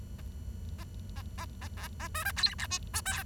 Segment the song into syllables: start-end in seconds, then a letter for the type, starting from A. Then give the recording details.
0.18-0.21 A, 0.78-0.84 A, 1.16-1.22 A, 1.38-1.45 A, 1.61-1.68 A, 1.77-1.88 B, 2.00-2.08 A, 2.14-2.24 C, 2.25-2.31 D, 2.36-2.54 E, 2.58-2.67 F, 2.70-2.78 G, 2.93-3.01 H, 3.05-3.23 I. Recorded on 23 June 2012 at 06:59. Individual gr41rd51